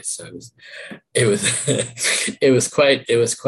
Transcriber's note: laughs